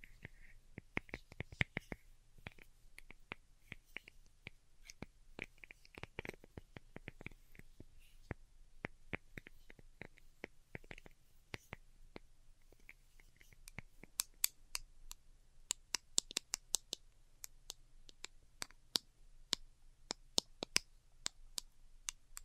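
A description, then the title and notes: Delicate tapping: quick, sharp clicks in irregular clusters, briefly sparser midway and brighter after about fourteen seconds, over a faint low hum. ASMR DELICATE Tapping for Sleep (No Talking).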